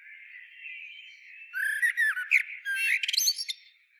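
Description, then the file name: Eurasian blackbird song: a low mellow warble followed by a burst of high, squeaky twittering notes. "Turdus merula"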